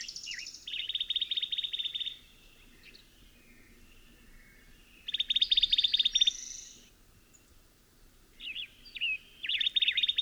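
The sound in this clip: Bird song of sweet whistled notes and rapid buzzy trills, given in three bouts separated by short gaps, with a low steady drone in the background.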